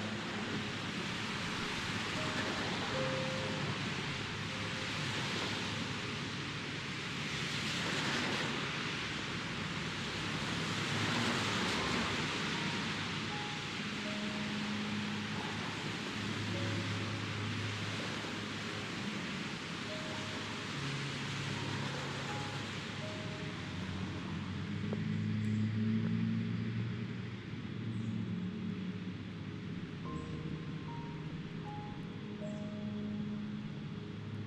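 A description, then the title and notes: Cars pass by on a wet road in steady rain, the hiss swelling as vehicles go past around ten seconds and again near twenty-five. A constant low rumble sits underneath, and soft, short piano-like notes drift faintly through the wash of noise. Piano Music with City Sounds. Cars pass by on a rainy day. Peaceful piano.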